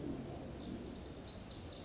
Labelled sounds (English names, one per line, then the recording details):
Lazuli Bunting
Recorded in Sonoma County, California